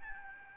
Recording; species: mosquito wingbeat signal from an infrared sensor; Aedes albopictus